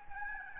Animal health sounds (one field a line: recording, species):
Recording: mosquito wingbeat signal from an infrared sensor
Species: Aedes albopictus